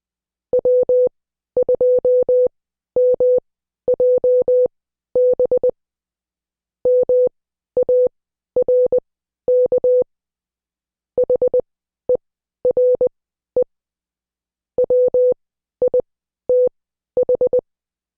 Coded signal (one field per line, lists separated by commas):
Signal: Morse code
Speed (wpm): 20 wpm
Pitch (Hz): 500 Hz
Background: none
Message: W2MJB MARK HERE WITH